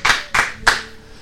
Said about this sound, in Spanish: Un buen aplauso